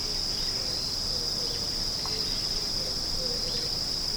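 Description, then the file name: Insect song, an unbroken high-pitched ringing drone held steady throughout, with faint scattered chirps and a soft low rumble underneath. "singing of insect"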